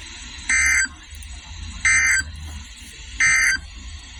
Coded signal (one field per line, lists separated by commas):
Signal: Emergency Alert System (SAME) tones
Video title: INSANITY. (EAS#306-339)